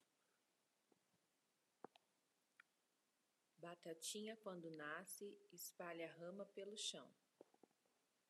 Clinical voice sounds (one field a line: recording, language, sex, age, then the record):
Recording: short text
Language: Brazilian Portuguese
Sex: female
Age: 40 to 49 years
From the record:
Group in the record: control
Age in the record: 46 years